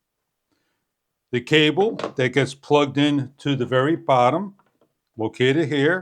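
The cable plug from the solar panel of a 32.8 ft, 1200-LED solar strip light set with remote and 5000 mAh battery is handled toward the socket at the very bottom of the light unit while someone talks. The plug has not yet been pushed in and nothing has seated or clicked.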